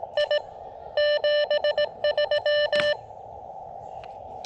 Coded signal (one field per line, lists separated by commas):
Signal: Morse code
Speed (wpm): 20 wpm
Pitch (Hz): 600 Hz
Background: none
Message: I 73